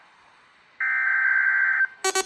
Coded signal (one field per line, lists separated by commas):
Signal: Emergency Alert System (SAME) tones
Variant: header bursts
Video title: EAS - Required Weekly Test and Severe Thunderstorm Warnings - 05/01/2024 to 05/05/2024